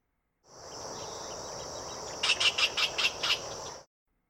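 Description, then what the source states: Least Bittern calls: six short, sharp, high notes in quick succession, over a steady high hiss. Contact calls between mates; wetland bird.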